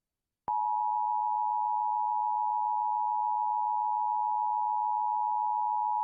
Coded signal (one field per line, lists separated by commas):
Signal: Emergency Alert System (SAME) tones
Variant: 853 and 960 Hz attention tone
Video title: A Child Abduction Alert EAS During A Program Break (2021, KCWC)